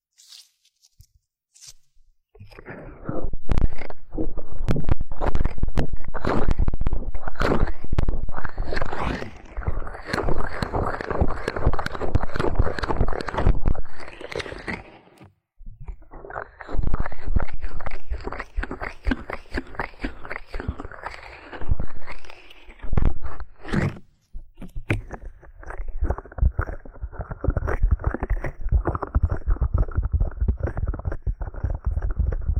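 Ear cleaning massage with dense, scratchy rubbing and crackling bursts that start after two seconds, pausing briefly near fifteen and twenty-four seconds.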